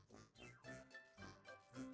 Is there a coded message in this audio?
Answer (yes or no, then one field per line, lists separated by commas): no